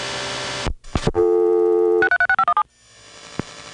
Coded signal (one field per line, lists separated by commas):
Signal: DTMF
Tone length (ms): 70 ms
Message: 636517